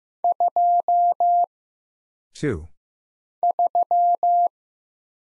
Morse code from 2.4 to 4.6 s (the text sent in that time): 3